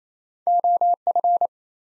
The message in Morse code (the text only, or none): OF